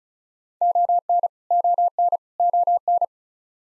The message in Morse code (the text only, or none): ON ON ON